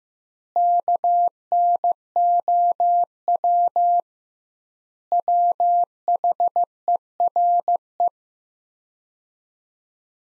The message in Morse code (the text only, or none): KNOW WHERE